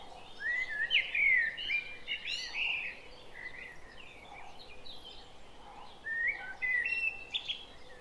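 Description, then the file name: Common blackbird, loud mellow whistled phrases in the first seconds and again later, with softer chirps between. "Turdus merula"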